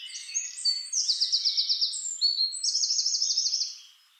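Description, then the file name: Eurasian wren singing two fast, high, buzzy trills, each a quick run of repeated notes, with brief shrill twitters between them. "Troglodytes troglodytes"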